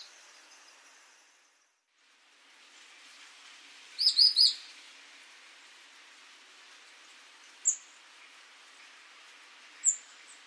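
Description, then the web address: Great tit calls: a short burst of high, chirping notes near four seconds, then two thin single high notes later, over a steady hiss. "SETE Parus major"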